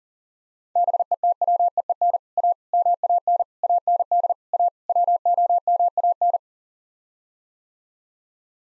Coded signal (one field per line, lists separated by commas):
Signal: Morse code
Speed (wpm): 40 wpm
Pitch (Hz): 700 Hz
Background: none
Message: BETWEEN A MAN AND A WOMAN